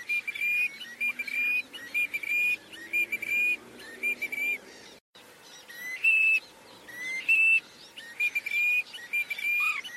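Bird calls, a steady series of high, pure whistled notes, many rising slightly, with busy overlapping chatter and a brief silent gap midway.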